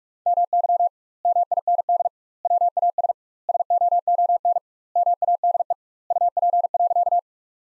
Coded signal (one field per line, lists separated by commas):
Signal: Morse code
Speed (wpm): 46 wpm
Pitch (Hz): 700 Hz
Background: none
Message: MY MIND WAS SOON MADE UP.